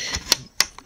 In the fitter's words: on entend les clics là qui se défont.